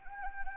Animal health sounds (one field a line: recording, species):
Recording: mosquito wingbeat signal from an infrared sensor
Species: Anopheles arabiensis